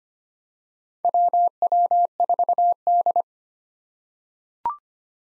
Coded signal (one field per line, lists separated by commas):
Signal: Morse code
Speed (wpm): 25 wpm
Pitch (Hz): 700 Hz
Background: none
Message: WW4D